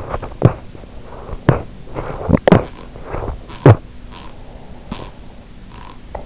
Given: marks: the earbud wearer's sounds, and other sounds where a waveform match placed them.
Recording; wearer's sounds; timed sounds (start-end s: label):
sounds in sleep by an in-ear microphone; teeth grinding
0.00-0.32 s: sound from someone else or the room
0.32-1.71 s: teeth grinding
1.28-2.07 s: sound from someone else or the room
2.31-2.92 s: teeth grinding
2.67-3.52 s: sound from someone else or the room
3.52-3.95 s: teeth grinding
4.13-6.26 s: sound from someone else or the room